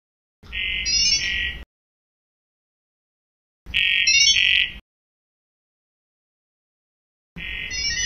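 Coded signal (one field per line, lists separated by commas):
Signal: data over sound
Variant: ggwave (Gibberlink)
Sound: three bright warbling multi-tone chirpy bursts, about a second each, separated by silence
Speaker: let's go ahead and check two models talking to one another in sound level protocol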